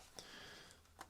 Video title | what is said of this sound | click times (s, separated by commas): Osmo Nano First Flight, DJI AVATA 2 Mini Camera, the weight is over | Um, there it clicked. | 1.0 s